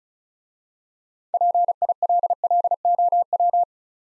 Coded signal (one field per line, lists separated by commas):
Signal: Morse code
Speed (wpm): 36 wpm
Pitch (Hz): 700 Hz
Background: none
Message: PILLOW